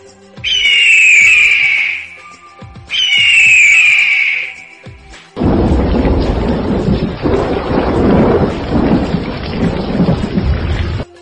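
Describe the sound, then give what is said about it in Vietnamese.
Two shrill, downward-sliding eagle screeches ring out, then a loud thunderclap bursts in and rolls on as a heavy, rumbling roar for about six seconds, with no talking. “Đúng lúc này, bầu trời đột nhiên truyền đến tiếng ưng kêu vang, theo sau là tiếng sấm chớp đình tai nhức óc.”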